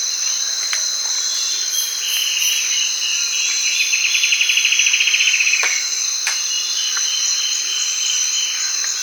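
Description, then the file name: Bird delivering one rattling trill that drops slightly in pitch, against a constant shrill insect chorus with a few faint clicks. "SABIOD 50 bird 2015"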